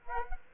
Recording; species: mosquito wingbeat signal from an infrared sensor; Culex quinquefasciatus